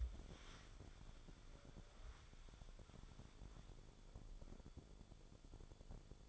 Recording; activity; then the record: daily activity, microphone in the room; wipe stove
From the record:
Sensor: 5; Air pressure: 1015.2 hPa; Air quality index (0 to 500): 178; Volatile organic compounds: 6 ppm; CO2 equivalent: 1928 ppm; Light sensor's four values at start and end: 34/82/33/36 and 36/84/34/36